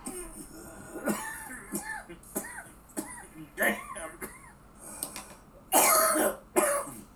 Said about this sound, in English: Excuse me for asking a question while you cough up a lung.